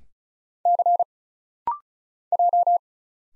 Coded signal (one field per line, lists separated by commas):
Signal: Morse code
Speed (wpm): 36 wpm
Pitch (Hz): 700 Hz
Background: none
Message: C J